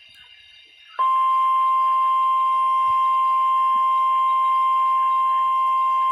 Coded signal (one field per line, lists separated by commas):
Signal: Emergency Alert System (SAME) tones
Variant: 1050 Hz attention tone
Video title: EAS: WXL40 Weekly Test (6/5/19)(EAS #111)